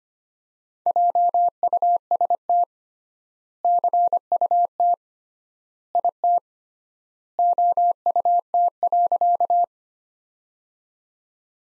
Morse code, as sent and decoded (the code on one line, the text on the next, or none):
.--- ..- ... - / -.-. ..- - / .. - / --- ..- - .-.-.-
JUST CUT IT OUT.